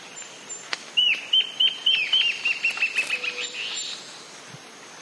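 Antbird duet: a string of clear down-slurred whistles that accelerates into a quick chattering run, then stops, with light background hiss.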